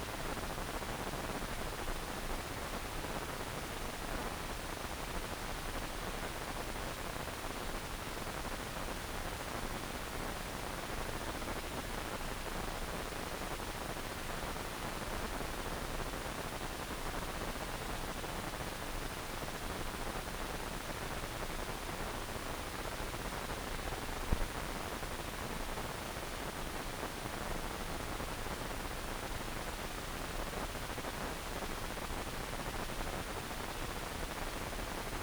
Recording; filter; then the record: brain microelectrode recording played as sound; wide band, above 20 Hz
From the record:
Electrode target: subthalamic nucleus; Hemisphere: right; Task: reaching with the left hand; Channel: 1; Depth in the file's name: 1.506 mm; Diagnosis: Parkinson's disease